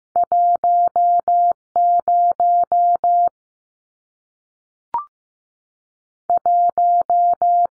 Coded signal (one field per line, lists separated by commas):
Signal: Morse code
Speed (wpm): 15 wpm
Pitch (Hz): 700 Hz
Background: none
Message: 10 1